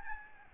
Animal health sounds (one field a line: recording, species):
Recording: mosquito wingbeat signal from an infrared sensor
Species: Aedes albopictus